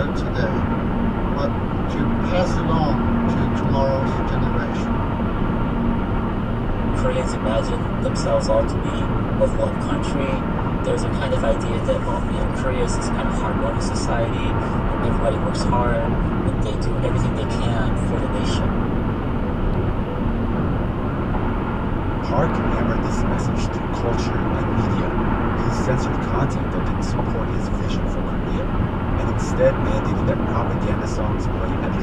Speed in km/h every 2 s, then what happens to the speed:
124, 126, 124, 126, 126, 126, 126, 124, 124, 122, 122, 122, 122, 121, 122, 124.
0-32 steady at about 124.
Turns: none.